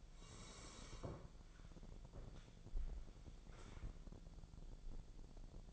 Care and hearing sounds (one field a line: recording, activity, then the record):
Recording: daily activity, microphone in the room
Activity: sit down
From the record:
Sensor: 5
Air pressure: 1000.6 hPa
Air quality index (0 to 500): 148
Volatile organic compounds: 2 ppm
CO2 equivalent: 1147 ppm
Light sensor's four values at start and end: 47/110/46/48 and 47/110/46/48